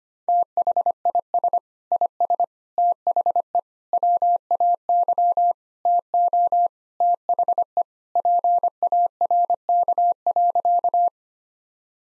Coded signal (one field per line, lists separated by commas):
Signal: Morse code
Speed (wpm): 25 wpm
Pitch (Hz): 700 Hz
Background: none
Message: THIS IS THE WAY TO THE PARK.